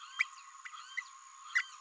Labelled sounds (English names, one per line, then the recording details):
Green-rumped Parrotlet babbling
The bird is a female
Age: 26 days
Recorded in a nest box in Venezuela
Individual 17B32A7